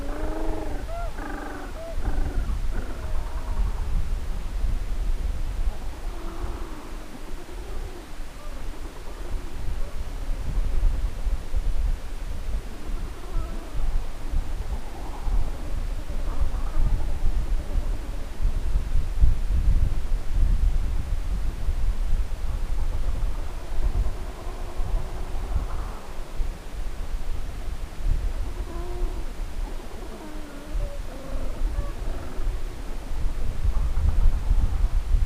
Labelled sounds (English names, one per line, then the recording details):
Gentoo Penguin
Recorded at the colony at Heroina Island, Antarctica, on 10 December 2015
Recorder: Song Meter SM2+